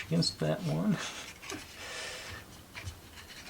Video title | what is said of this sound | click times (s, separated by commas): Wood Trick Rescue Fire Truck: Pages 17-27 | think that, no, that's not all the way in on this one. | 1.5 s